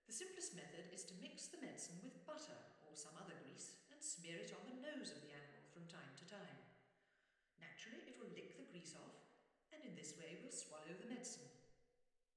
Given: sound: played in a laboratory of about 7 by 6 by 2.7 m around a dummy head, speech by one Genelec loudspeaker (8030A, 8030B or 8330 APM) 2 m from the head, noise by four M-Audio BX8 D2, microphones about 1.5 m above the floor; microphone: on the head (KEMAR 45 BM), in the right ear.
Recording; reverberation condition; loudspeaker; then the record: female speech in English; high; 60 degrees to the right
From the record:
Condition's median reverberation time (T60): about 1300 ms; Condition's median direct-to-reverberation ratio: about -4.0 dB